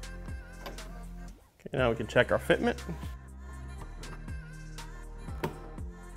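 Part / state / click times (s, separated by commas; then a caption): panel pin engaging a quick-release mini latch mounted in the bumper panel / seated / 5.4 s. On an S550 Mustang, a bumper panel is pressed onto a newly installed Quik-Latch Black QL-25 Series 1" diameter quick-release mini latch while its fitment is checked. The panel pin engages the latch with a sharp click at 5.4 s, and the panel is locked in place. Someone talks and music plays underneath.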